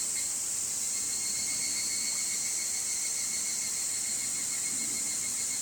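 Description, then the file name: Evening cicada gives a steady, high shimmering drone with little audible pulsing, continuous throughout. "higurashi"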